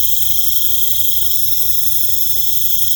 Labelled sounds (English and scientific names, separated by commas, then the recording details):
none
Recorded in pastures near Puerto Asís, Putumayo, Colombia, on 18 December 2024 at 19:30
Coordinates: 0.472, -76.331
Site GP02